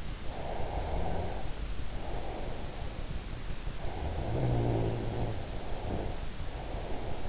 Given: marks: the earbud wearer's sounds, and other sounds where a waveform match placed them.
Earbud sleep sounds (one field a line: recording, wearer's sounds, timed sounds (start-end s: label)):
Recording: sounds in sleep by an in-ear microphone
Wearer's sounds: snoring breath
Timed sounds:
0.43-2.89 s: snoring breath
3.74-7.28 s: snoring breath